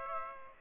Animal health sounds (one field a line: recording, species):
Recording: mosquito wingbeat signal from an infrared sensor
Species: Aedes aegypti